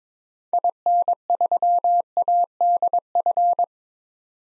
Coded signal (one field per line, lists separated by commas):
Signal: Morse code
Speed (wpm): 22 wpm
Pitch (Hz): 700 Hz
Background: none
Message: IN3ADF